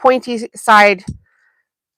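Someone talks for about the first 1.2 seconds, then the clip goes quiet. The small clicky centre part of a plastic fabric-folding tool is being handled pointy side up, ready to be pushed into the centre of the tool. Nothing has seated or clicked yet.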